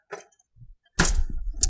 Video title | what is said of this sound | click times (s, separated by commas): HP M4345 - How to Replace the ADF Maintenance Kit | and once it's in you just close it it'll snap shut | 1.0 s, 1.6 s